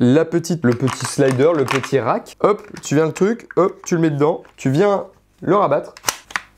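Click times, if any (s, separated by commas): none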